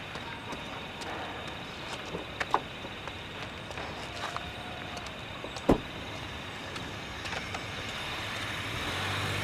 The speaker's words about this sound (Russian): Женя направляется к машине. Они едут.